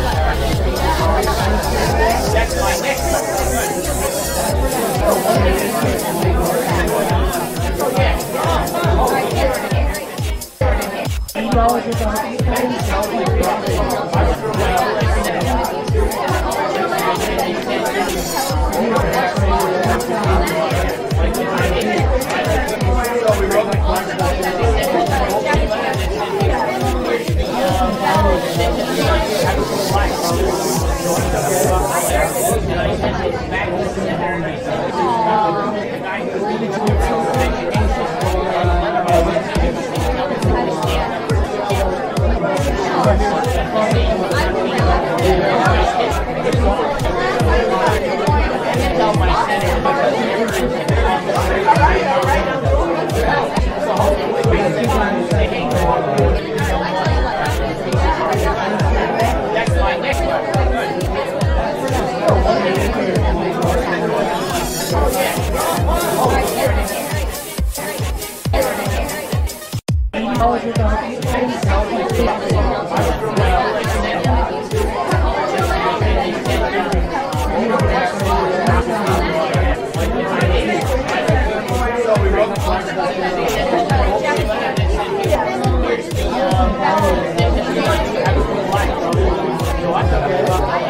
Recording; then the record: background sound without coughing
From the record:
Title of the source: Nightlife Party Simulating Party Club Noise 1 Hour